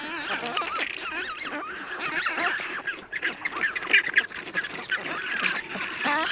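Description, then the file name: Black-browed albatross calls: harsh, overlapping squawks and wavering braying notes from several birds at once, forming a dense, continuous colony chorus. "Canto do albatroz de sobrancelha"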